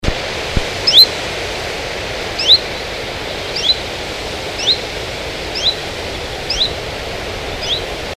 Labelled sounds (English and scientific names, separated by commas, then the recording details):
Common Chiffchaff (Phylloscopus collybita) call
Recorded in the wild
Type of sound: call
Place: Ahaus, Nordrhein-Westfalen, DE
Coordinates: 52.13, 6.91
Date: 1985-06-15
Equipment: Sony WM-D6C, Big Ear
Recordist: Skiba, Reinald
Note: Alstätte